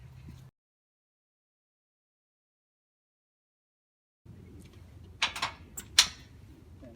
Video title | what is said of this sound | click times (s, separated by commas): How To Install and Adjust an EAZ-LIFT Load Distribution and Sway Control. Assembling 800 lb Kit | now that I have that locked into place, now | 5.2 s, 6.0 s